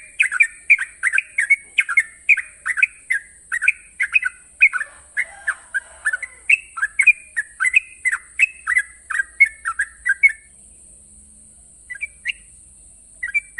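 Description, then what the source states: Yellow-vented Bulbul pouring out a long run of rapid bubbly chirps for about ten seconds, then a few isolated notes, with constant high hiss. Master training recording of the long rapid-trill singing style called ropel panjang.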